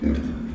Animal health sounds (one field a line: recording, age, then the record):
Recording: pig call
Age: growing-finishing pig (85 days or more)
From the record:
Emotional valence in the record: negative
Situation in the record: barren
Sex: female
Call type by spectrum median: low-frequency call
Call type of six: low-frequency stable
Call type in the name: low-frequency stable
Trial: 3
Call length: 0.55 s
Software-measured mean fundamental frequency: 59 Hz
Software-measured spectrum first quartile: 114 Hz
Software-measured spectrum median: 219 Hz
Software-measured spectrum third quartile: 317 Hz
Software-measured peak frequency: 243 Hz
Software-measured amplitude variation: 169 dB a second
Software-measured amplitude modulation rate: 27.5 a second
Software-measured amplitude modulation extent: 6.1 dB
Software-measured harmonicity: 2.5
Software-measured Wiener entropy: -0.73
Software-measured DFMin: 1049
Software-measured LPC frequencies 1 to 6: 280, 1568, 2291, 3396, 4633, 5556 Hz